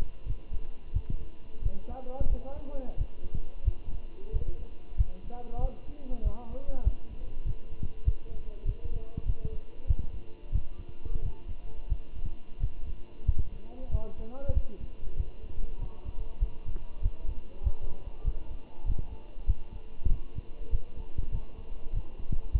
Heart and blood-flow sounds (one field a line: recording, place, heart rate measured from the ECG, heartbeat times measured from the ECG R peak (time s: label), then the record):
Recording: heart sounds by stethoscope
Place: between the tricuspid and mitral areas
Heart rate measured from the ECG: 94 bpm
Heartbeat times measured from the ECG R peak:
0.27 s: heartbeat
0.94 s: heartbeat
1.63 s: heartbeat
2.30 s: heartbeat
2.98 s: heartbeat
3.65 s: heartbeat
4.33 s: heartbeat
4.98 s: heartbeat
5.62 s: heartbeat
6.24 s: heartbeat
6.85 s: heartbeat
7.46 s: heartbeat
8.06 s: heartbeat
8.66 s: heartbeat
9.26 s: heartbeat
9.88 s: heartbeat
10.53 s: heartbeat
11.23 s: heartbeat
11.90 s: heartbeat
12.61 s: heartbeat
13.27 s: heartbeat
13.92 s: heartbeat
14.55 s: heartbeat
15.17 s: heartbeat
15.80 s: heartbeat
16.41 s: heartbeat
17.03 s: heartbeat
17.64 s: heartbeat
18.25 s: heartbeat
18.86 s: heartbeat
19.47 s: heartbeat
20.10 s: heartbeat
20.71 s: heartbeat
21.32 s: heartbeat
21.94 s: heartbeat
22.53 s: heartbeat
From the record:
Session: walking at 3.7 km/h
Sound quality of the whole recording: good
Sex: male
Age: 23 years